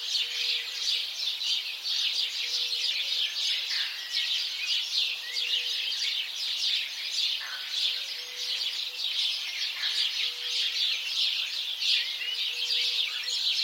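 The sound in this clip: House sparrow chirping en masse, many birds calling at once in a constant chatter, with a soft low tone recurring every couple of seconds.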